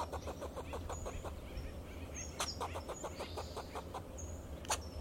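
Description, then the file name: Fox squirrel chattering steadily in rhythmic clucks, with occasional sharp clicks and a low humming background. "Sound of a Fox Squirrel"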